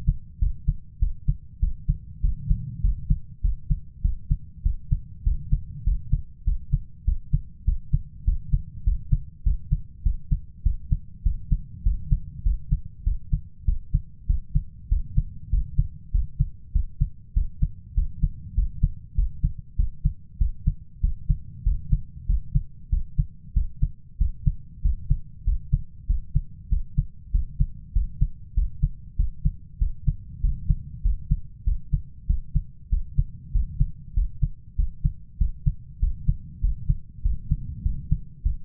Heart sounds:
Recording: heart sounds by stethoscope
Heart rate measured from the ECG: 98 bpm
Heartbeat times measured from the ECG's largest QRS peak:
0.41 s: heartbeat
1.02 s: heartbeat
1.62 s: heartbeat
2.24 s: heartbeat
2.84 s: heartbeat
3.44 s: heartbeat
4.04 s: heartbeat
4.65 s: heartbeat
5.26 s: heartbeat
5.87 s: heartbeat
6.47 s: heartbeat
7.07 s: heartbeat
7.67 s: heartbeat
8.27 s: heartbeat
8.86 s: heartbeat
9.46 s: heartbeat
10.05 s: heartbeat
10.65 s: heartbeat
11.25 s: heartbeat
11.86 s: heartbeat
12.46 s: heartbeat
13.06 s: heartbeat
13.68 s: heartbeat
14.29 s: heartbeat
14.91 s: heartbeat
15.53 s: heartbeat
16.14 s: heartbeat
16.75 s: heartbeat
17.36 s: heartbeat
17.97 s: heartbeat
18.57 s: heartbeat
19.18 s: heartbeat
19.79 s: heartbeat
20.40 s: heartbeat
21.03 s: heartbeat
21.66 s: heartbeat
22.29 s: heartbeat
22.92 s: heartbeat
23.56 s: heartbeat
24.20 s: heartbeat
24.84 s: heartbeat
25.47 s: heartbeat
26.09 s: heartbeat
26.72 s: heartbeat
27.34 s: heartbeat
27.95 s: heartbeat
28.57 s: heartbeat
29.19 s: heartbeat
29.81 s: heartbeat
30.43 s: heartbeat
31.05 s: heartbeat
31.67 s: heartbeat
32.29 s: heartbeat
32.92 s: heartbeat
33.55 s: heartbeat
34.17 s: heartbeat
34.78 s: heartbeat
35.40 s: heartbeat
36.02 s: heartbeat
36.63 s: heartbeat
37.25 s: heartbeat
37.85 s: heartbeat
38.45 s: heartbeat
From the record:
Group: healthy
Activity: rest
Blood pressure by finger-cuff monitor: 157/90 mmHg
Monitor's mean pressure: 107 mmHg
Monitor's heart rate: 98 bpm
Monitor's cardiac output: 7.7 L/min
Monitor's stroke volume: 79 mL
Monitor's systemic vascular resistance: 1040 dyn s/cm5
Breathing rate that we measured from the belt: 20 breaths a minute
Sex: male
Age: 21 years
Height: 175 cm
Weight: 72.6 kg

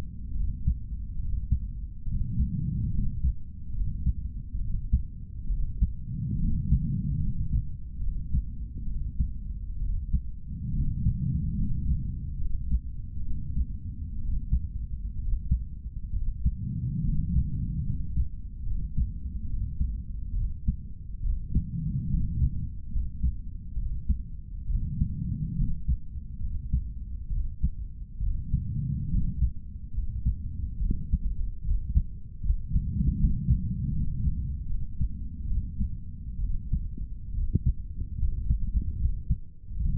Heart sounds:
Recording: heart sounds by stethoscope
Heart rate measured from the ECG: 70 bpm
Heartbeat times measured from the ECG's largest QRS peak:
0.37 s: heartbeat
1.21 s: heartbeat
2.09 s: heartbeat
2.95 s: heartbeat
3.76 s: heartbeat
4.62 s: heartbeat
5.51 s: heartbeat
6.42 s: heartbeat
7.23 s: heartbeat
8.03 s: heartbeat
8.89 s: heartbeat
9.83 s: heartbeat
10.76 s: heartbeat
11.59 s: heartbeat
12.41 s: heartbeat
13.26 s: heartbeat
14.22 s: heartbeat
15.20 s: heartbeat
16.15 s: heartbeat
17.06 s: heartbeat
17.87 s: heartbeat
18.67 s: heartbeat
19.49 s: heartbeat
20.37 s: heartbeat
21.25 s: heartbeat
22.12 s: heartbeat
22.93 s: heartbeat
23.78 s: heartbeat
24.70 s: heartbeat
25.59 s: heartbeat
26.43 s: heartbeat
27.32 s: heartbeat
28.22 s: heartbeat
29.12 s: heartbeat
29.96 s: heartbeat
30.82 s: heartbeat
31.66 s: heartbeat
32.45 s: heartbeat
33.21 s: heartbeat
33.95 s: heartbeat
34.70 s: heartbeat
35.50 s: heartbeat
36.42 s: heartbeat
37.36 s: heartbeat
38.20 s: heartbeat
39.01 s: heartbeat
39.81 s: heartbeat
From the record:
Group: healthy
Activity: rest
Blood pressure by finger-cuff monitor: 154/94 mmHg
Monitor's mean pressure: 110 mmHg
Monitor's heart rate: 70 bpm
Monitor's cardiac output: 7.8 L/min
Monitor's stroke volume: 114 mL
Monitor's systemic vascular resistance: 1050 dyn s/cm5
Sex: male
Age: 30 years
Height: 188 cm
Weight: 110.2 kg

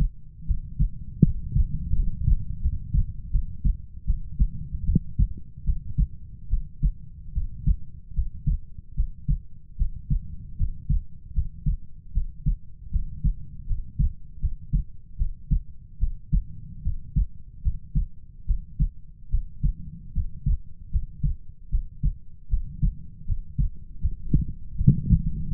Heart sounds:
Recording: heart sounds by stethoscope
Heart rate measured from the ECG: 77 bpm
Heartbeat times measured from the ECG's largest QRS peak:
0.45 s: heartbeat
1.22 s: heartbeat
1.94 s: heartbeat
2.60 s: heartbeat
3.30 s: heartbeat
4.05 s: heartbeat
4.84 s: heartbeat
5.64 s: heartbeat
6.48 s: heartbeat
7.32 s: heartbeat
8.13 s: heartbeat
8.94 s: heartbeat
9.76 s: heartbeat
10.56 s: heartbeat
11.33 s: heartbeat
12.12 s: heartbeat
12.90 s: heartbeat
13.66 s: heartbeat
14.39 s: heartbeat
15.16 s: heartbeat
15.98 s: heartbeat
16.82 s: heartbeat
17.61 s: heartbeat
18.45 s: heartbeat
19.29 s: heartbeat
20.12 s: heartbeat
20.90 s: heartbeat
21.69 s: heartbeat
22.48 s: heartbeat
23.25 s: heartbeat
23.99 s: heartbeat
24.75 s: heartbeat
25.48 s: heartbeat
From the record:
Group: healthy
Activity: rest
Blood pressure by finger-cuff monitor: 100/62 mmHg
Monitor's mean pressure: 74 mmHg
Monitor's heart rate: 76 bpm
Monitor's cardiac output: 6.5 L/min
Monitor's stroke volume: 87 mL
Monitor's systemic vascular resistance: 810 dyn s/cm5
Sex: female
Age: 19 years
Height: 163 cm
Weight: 48.9 kg

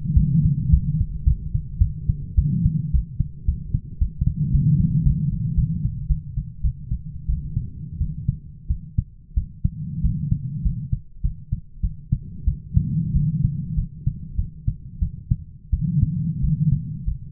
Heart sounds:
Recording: heart sounds by stethoscope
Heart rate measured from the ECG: 99 bpm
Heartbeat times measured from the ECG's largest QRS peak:
0.15 s: heartbeat
0.71 s: heartbeat
1.25 s: heartbeat
1.79 s: heartbeat
2.36 s: heartbeat
2.92 s: heartbeat
3.46 s: heartbeat
4.00 s: heartbeat
4.52 s: heartbeat
5.04 s: heartbeat
5.56 s: heartbeat
6.08 s: heartbeat
6.62 s: heartbeat
7.27 s: heartbeat
7.99 s: heartbeat
8.69 s: heartbeat
9.35 s: heartbeat
10.03 s: heartbeat
10.63 s: heartbeat
11.22 s: heartbeat
11.82 s: heartbeat
12.46 s: heartbeat
13.13 s: heartbeat
13.76 s: heartbeat
14.36 s: heartbeat
15.00 s: heartbeat
15.71 s: heartbeat
16.41 s: heartbeat
17.05 s: heartbeat
From the record:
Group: healthy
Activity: rest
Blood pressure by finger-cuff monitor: 144/81 mmHg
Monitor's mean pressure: 103 mmHg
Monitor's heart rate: 107 bpm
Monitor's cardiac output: 9.4 L/min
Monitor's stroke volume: 89 mL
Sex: female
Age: 22 years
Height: 161 cm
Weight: 65.5 kg

